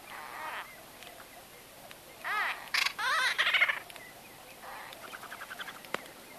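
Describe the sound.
White-fronted bee-eater giving a short run of rolling, arched nasal notes near the middle, then softer quick chirps trailing off over a quiet background.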